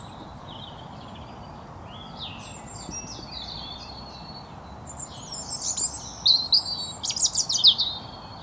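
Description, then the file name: European robin song, faint high sliding notes building into louder, varied twittering phrases and rapid trills during the second half. "Erithacus rubecula"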